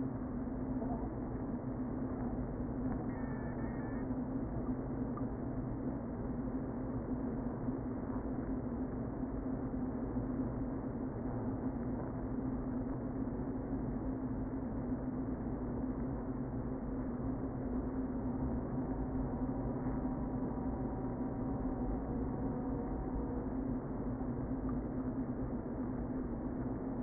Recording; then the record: honeybee colony, microphone inside the hive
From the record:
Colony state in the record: queen present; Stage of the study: before two queens were removed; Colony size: about 60,000 bees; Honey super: yes